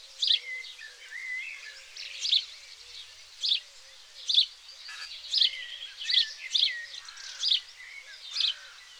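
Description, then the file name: House sparrows giving loud, repeated chirps amid softer twittering. "Passer domesticus"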